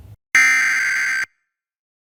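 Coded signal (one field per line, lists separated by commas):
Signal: Emergency Alert System (SAME) tones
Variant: header bursts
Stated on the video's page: Real EAS alerts captured during storms in the Northeast and Mid-Atlantic.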